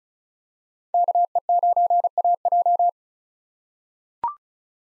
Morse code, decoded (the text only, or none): KE9AJ